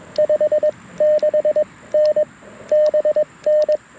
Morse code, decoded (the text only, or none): 56N BN